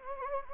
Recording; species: mosquito wingbeat signal from an infrared sensor; Anopheles gambiae